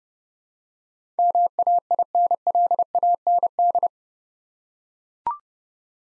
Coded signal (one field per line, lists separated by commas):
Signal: Morse code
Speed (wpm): 29 wpm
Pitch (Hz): 700 Hz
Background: none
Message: MAINLAND